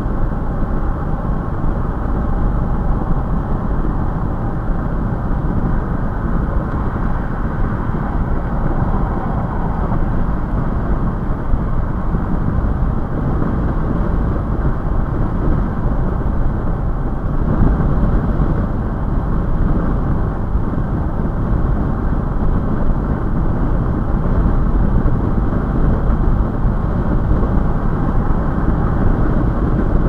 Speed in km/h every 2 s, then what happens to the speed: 113, 113, 113, 113, 113, 114, 116, 116, 116, 116, 118, 118, 118, 116, 116.
0-30 steady at about 116.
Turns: none.